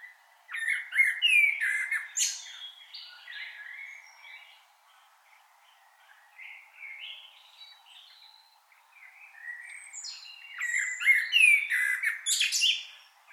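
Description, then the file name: Common blackbird delivering a fluty warble capped by high twitters, then softer scattered notes, before a second loud phrase with a squeaky trailing flourish. "Turdus merula"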